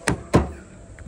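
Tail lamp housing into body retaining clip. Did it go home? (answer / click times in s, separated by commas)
no / none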